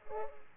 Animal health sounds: mosquito wingbeat signal from an infrared sensor; Aedes aegypti

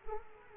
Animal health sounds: mosquito wingbeat signal from an infrared sensor; Culex quinquefasciatus

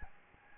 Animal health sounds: mosquito wingbeat signal from an infrared sensor; Aedes albopictus

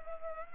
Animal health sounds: mosquito wingbeat signal from an infrared sensor; Culex pipiens

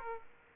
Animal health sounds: mosquito wingbeat signal from an infrared sensor; Aedes aegypti

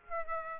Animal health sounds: mosquito wingbeat signal from an infrared sensor; Aedes aegypti

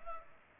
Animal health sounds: mosquito wingbeat signal from an infrared sensor; Culex pipiens

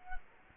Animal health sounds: mosquito wingbeat signal from an infrared sensor; Culex quinquefasciatus

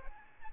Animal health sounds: mosquito wingbeat signal from an infrared sensor; Aedes albopictus

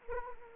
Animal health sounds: mosquito wingbeat signal from an infrared sensor; Anopheles arabiensis

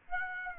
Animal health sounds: mosquito wingbeat signal from an infrared sensor; Aedes aegypti

